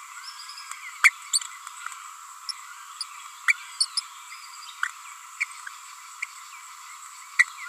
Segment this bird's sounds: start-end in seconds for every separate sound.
1.04-1.09, 2.49-2.51, 3.00-3.04, 3.48-3.52, 3.80-3.85, 3.97-4.00, 5.40-5.44, 7.39-7.44